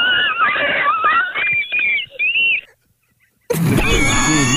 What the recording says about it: You go real purple in the face when you wheeze. That's all wheezes.